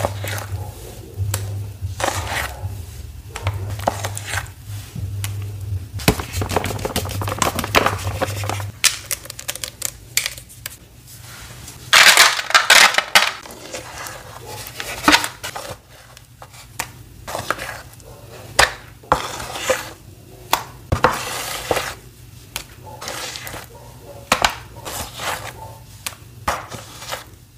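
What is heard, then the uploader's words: Watermelon paste is worked by hand into slabs, with frequent wet slaps, squishes and sharp taps. A steady low hum runs through the first nine seconds, then stops, and a bright scraping burst comes around twelve seconds. Reforming my watermelon paste into some watermelon slabs.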